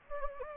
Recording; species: mosquito wingbeat signal from an infrared sensor; Anopheles gambiae